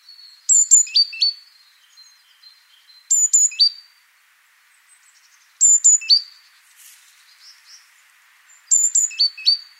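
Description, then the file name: Great tit song: four bright phrases about every two and a half seconds, each two high sharp notes then two lower, falling notes, quiet in between. "Parus major"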